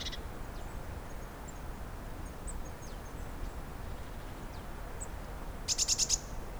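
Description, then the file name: Eurasian blue tit with one short burst of a few quick, high buzzy notes near the end. "Cyanistes caeruleus"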